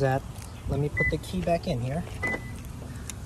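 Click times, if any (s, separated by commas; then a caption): 3.1 s. A key goes back into the metal lock cylinder on a Civic Si car door and is turned while someone talks. The door lock engages with a short, sharp click at 3.1 s, and the car locks.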